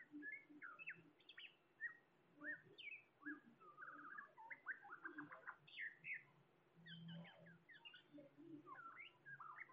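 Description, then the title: Bird song, a dense mix of varied whistled and chirping notes, with a low steady hum underneath. "SuaraBurung Kicau"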